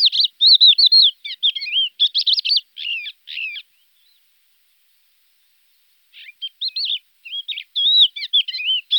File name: crested lark